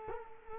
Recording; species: mosquito wingbeat signal from an infrared sensor; Culex quinquefasciatus